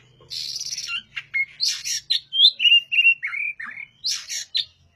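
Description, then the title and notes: Oriental magpie-robin song: varied medley of harsh buzzy bursts and sweet whistled notes, some falling in pitch, delivered in quick succession. Song of a kept master bird used for training other birds, described as singing loudly and persistently. "Suara Burung Kacer masteran. burung kacer gacor hebat"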